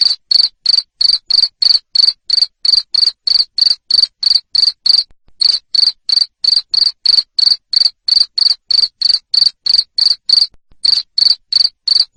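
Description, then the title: Cricket chirping in a loud, steady run of short high pulses, about three a second, with a couple of brief pauses. Loud chirping, used to stimulate lovebirds to sing. "Suara JANGKRIK NGERIK Keras Bikin LOVEBIRD Jadi NGEKEK Terus"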